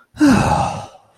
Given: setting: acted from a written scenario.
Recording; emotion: vocal sound without words; relief